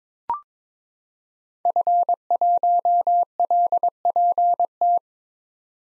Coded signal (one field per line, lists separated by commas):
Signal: Morse code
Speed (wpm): 22 wpm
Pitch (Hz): 700 Hz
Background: none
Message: F1LPT